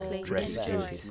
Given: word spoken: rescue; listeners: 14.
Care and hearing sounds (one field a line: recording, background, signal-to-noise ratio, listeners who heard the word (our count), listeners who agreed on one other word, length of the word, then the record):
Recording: one English word in noise, from a listening test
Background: four-talker babble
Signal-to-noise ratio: -1.3 dB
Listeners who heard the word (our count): 1 of 14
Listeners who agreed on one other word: 7 of 14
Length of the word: 0.71 s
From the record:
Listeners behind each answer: 7, 3, 2, 1, 1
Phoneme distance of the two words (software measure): 28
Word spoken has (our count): 2 syllables, 6 phonemes, stress on syllable 1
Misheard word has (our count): 1 syllable, 4 phonemes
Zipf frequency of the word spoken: 4.68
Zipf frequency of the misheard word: 4.85